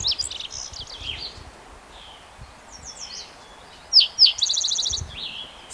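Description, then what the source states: Spotted Towhee song: two sharp notes, then a quick buzzy trill, after scattered chirps earlier. Individual number one, recorded in Rhodes Canyon, Utah County, Utah, June 22, 2010.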